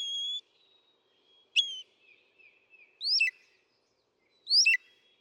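Northern mockingbird song: spaced whistled notes, some rising sharply then dropping, repeated about every one and a half seconds.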